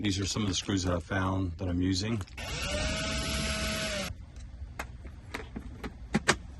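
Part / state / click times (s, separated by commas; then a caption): panel into screwed-down mounting clips in van interior / seated / 6.3 s. Someone talks, then a power tool whirs steadily for about two seconds inside a Transit Connect van build, where mounting clips are screwed down. A series of sharp taps and clicks follows as a panel is pressed onto the clips, ending with the loudest snap at 6.3 s. The panel is seated in the clips and sits snug.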